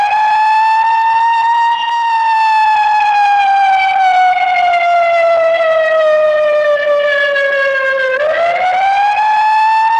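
An old police siren wails steadily and loud, its tone climbing slightly, then sliding slowly downward for several seconds before sweeping back up near the end. The sound is constant, with a rich, buzzy edge and no gaps.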